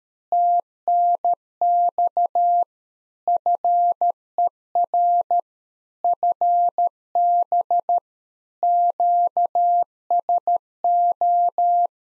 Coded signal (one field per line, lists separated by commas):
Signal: Morse code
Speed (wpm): 13 wpm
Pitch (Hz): 700 Hz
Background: none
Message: TNX FER FB QSO